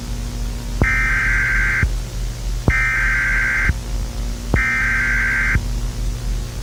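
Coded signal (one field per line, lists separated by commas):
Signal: Emergency Alert System (SAME) tones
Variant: header bursts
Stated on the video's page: Fictional EAS scenario themed on Gorilla Tag horror, not a real alert.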